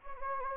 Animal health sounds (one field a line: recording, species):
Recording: mosquito wingbeat signal from an infrared sensor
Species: Anopheles gambiae